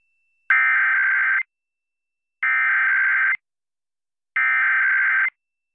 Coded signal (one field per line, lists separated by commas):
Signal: Emergency Alert System (SAME) tones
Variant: header bursts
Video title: EAS #0022 | 1/3/22 WWDE-HD2 Virginia Beach, VA EAS Required Monthly Test